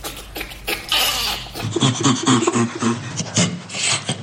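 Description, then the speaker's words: Great ape laughter: breathy, rasping pants, then rhythmic, voiced, grunting pulses in quick bursts. Laughter played as an example; great apes laugh like humans. "Auch Menschenaffen lachen. So klingt das bei Bonobos, Schimpansen, Gorillas oder Orang-Utans."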